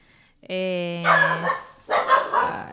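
A dog gives a long, steady-pitched bark that turns rough, followed after a short pause by a second harsh bark, both loud and alone.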